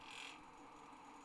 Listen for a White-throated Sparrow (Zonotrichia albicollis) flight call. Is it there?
no